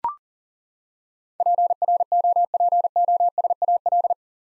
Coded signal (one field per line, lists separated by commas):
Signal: Morse code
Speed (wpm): 40 wpm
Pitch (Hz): 700 Hz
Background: none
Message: PROPOSAL